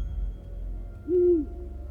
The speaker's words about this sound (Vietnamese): Lúc chú ấy định lại gần thì một con kia chim cú mèo lại rúc lên một tiếng ở trên cành cây gần đó.